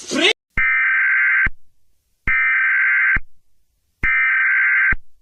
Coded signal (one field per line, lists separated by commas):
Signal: Emergency Alert System (SAME) tones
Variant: header bursts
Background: speech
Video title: EAS scenario 20: revolta do indonesia